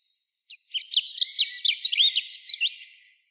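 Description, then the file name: European robin song: a continuous rapid phrase of high, liquid warbled notes and slurred twitters. "Erithacus rubecula"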